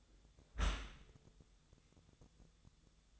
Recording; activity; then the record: daily activity, microphone in the room; close dishwasher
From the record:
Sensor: 3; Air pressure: 1004.7 hPa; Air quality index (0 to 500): 100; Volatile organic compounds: 4 ppm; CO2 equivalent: 1565 ppm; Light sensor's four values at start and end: 7/17/7/6 and 7/17/7/7